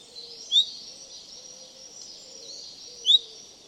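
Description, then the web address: Common chaffinch giving two short, sharp upward-flicking call notes about two and a half seconds apart, over a steady high hiss and a faint low hum. "Deverinetal"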